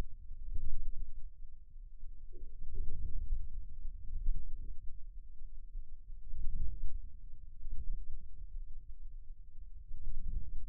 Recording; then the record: forearm muscle sounds (acoustic myography)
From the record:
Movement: outward rotation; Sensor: system 2, bracelet of six BSWA MPA416 microphones around the upper forearm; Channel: 1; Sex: male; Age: 22 years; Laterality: right